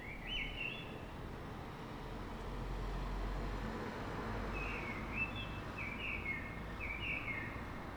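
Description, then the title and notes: Common blackbird song: a short warbled phrase, then after a pause a longer string of fluty notes and twitters, with a deep rumbling hum underneath. City blackbird singing before dawn in Fuenlabrada, Madrid, Spain, so other blackbirds can hear it before human noise begins; described as a call sound; recorded with a Zoom H1n recorder. "Pl. de Francisco Escolar, 10, 28944 Fuenlabrada, Madrid, España - Sonido Reclamo de Mirlo. Mirlo cantando, es un sonido de reclamo. Normalmente los Mirlos de las ciudades cantan antes del amanecer"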